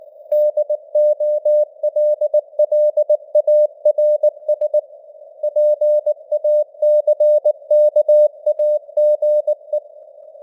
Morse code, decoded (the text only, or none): DOLLARS PACKAGE